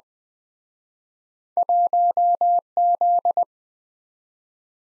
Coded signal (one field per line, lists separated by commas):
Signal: Morse code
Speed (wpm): 23 wpm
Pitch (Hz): 700 Hz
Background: none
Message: 1Z